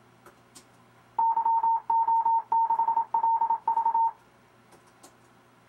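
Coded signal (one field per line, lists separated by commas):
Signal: Morse code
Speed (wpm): 27 wpm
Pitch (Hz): 910 Hz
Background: none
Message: YO6LV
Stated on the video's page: RufzXP program sending amateur callsigns in Morse for copying practice, aimed at CW contesting.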